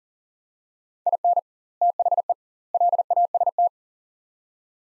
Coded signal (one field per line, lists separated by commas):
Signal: Morse code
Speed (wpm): 40 wpm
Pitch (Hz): 700 Hz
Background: none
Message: IN THE LAST